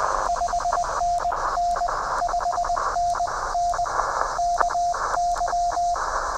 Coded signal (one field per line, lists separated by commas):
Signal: Morse code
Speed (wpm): 20 wpm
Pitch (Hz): 700 Hz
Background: radio noise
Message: 5NN 5NN KY